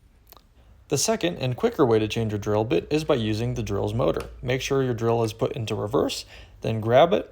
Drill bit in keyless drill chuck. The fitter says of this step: until you hear it click, and then you know that you are locked in.